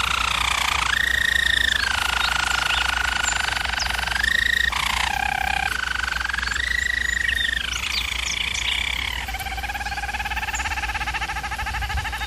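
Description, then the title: German Roller canary delivering sustained rolls that step between higher and lower pitches, ending on a lower pulsed trill, with a low background hum. Canary training recording of a German Roller canary singing. "German Roller Canary Singing - Canary Training Vid"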